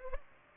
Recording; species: mosquito wingbeat signal from an infrared sensor; Culex pipiens